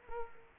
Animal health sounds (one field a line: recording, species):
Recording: mosquito wingbeat signal from an infrared sensor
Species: Culex quinquefasciatus